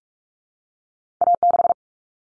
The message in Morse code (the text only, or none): A6